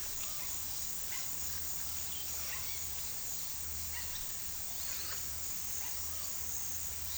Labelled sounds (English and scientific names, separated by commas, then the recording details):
none
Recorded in pastures near Puerto Asís, Putumayo, Colombia, on 18 February 2024 at 15:00
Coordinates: 0.468, -76.328
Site G6414